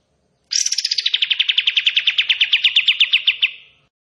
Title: KAPAS TEMBAK GACOR TEMBAKAN DAN BESETAN PANJANG AUDIO KERNIH COCOK UNTUK MASTERAN MURAI BATU PASTOL